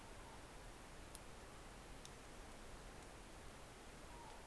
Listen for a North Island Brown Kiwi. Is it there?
no